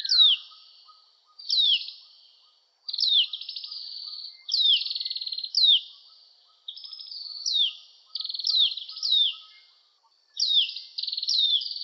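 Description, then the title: Oriental magpie-robin song: repeated bright, descending whistled phrases with buzzy tails, given in bursts every second or two with brief gaps between. "Kicau Kacer"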